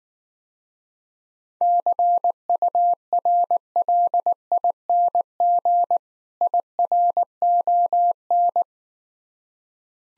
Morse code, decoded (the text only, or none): CURLING IRON